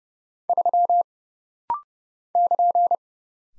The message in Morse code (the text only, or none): 3 <KN>